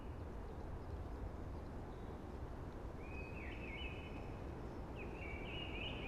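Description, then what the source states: Eurasian blackbird singing two warbled phrases in the second half, above a steady broad rushing background. Singing early amongst hushing conifers.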